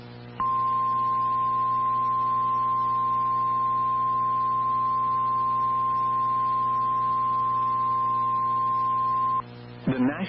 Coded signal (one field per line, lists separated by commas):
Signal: Emergency Alert System (SAME) tones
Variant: 1050 Hz attention tone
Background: speech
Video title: Destructive Severe Thunderstorm Warning (EAS 325)